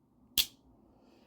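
A steel folding knife blade on a Queen Cutlery American-made Jumbo Linerlock Trapper is closed fully from the half stop, and the backspring snaps it shut into the handle. A single loud, sharp snap is heard at 0.4 s, followed by quiet. The blade is seated fully shut.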